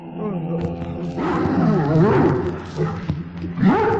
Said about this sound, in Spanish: Sin embargo, algo había en el ambiente que comenzó primero a inquietar a Tony, el perro. Su pelaje se erizaba por momentos y sus gruñidos terminaron por despertar al muchacho.